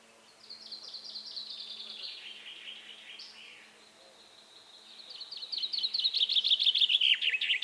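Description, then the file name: Common chaffinch song: quiet runs of rapid notes, then a loud rattling trill of bright, repeated chirps near the end. "Fringilla coelebs"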